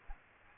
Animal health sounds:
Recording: mosquito wingbeat signal from an infrared sensor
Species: Aedes aegypti

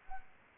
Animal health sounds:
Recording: mosquito wingbeat signal from an infrared sensor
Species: Anopheles arabiensis

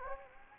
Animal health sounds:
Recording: mosquito wingbeat signal from an infrared sensor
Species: Anopheles gambiae

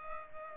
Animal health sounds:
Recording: mosquito wingbeat signal from an infrared sensor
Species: Culex pipiens

